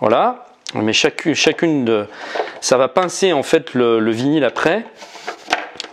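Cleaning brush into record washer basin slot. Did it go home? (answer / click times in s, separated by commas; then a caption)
yes / 5.5 s. A cleaning brush is slid into its slot inside a plastic record-washer basin, where the brushes will pinch the vinyl record, while someone talks. A sharp plastic click at 5.5 s marks the brush seating properly in place.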